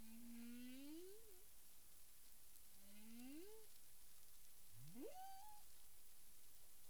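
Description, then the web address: Humpback whale sounds: two long moans curving upward at the end, then a sharp rising whoop that levels off, against constant underwater hiss. Recorded 9 April 2002 at 18:00 UTC. "humpback whale 20020409 180053 UTC"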